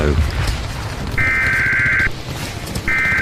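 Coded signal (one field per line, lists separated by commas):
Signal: Emergency Alert System (SAME) tones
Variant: header bursts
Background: speech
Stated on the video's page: Fictional EAS scenario with text-to-speech voice.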